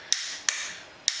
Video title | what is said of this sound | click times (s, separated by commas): Bodgit and leggit garage cosworth bilud part 4 check valve clearance (project van part9) | as you can hear that goes click can you see that all right | 1.1 s